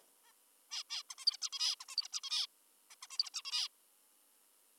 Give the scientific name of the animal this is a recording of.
Taeniopygia guttata